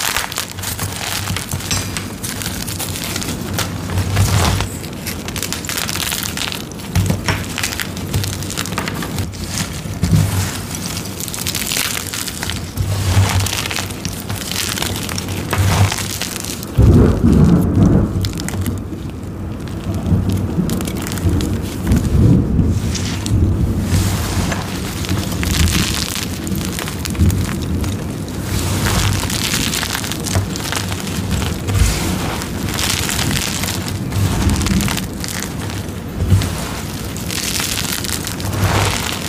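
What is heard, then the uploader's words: Dyed gym chalk is shaved and crushed, giving dense, steady scraping and gritty crackles throughout. A low thunder rumble swells around seventeen seconds and again near twenty-two, with rain-like hiss underneath and brighter crisp scrapes recurring every few seconds. Shaving Dyed Gym Chalk Thins in a Thunderstorm. Shaving dyed gym chalk covered in glitter, making gym chalk thins sandwich, and crushing gym chalk shards.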